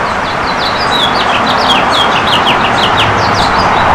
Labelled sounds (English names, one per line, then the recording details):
House Finch song
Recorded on Long Island, New York, on 14 June 2012
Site GL
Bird D